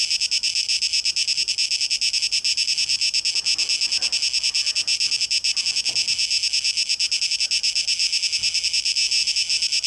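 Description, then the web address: Cicada song: a loud, rasping high drone, rhythmically pulsing around three times each second, with faint rustling underneath. Cicadas, recorded 12 August 2023, tape echo mix. "rauschpartikel Audio 2023-08-12 Zikaden"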